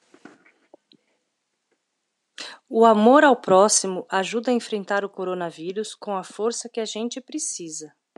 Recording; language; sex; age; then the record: spoken sentence; Brazilian Portuguese; female; 40 to 49 years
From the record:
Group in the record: control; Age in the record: 46 years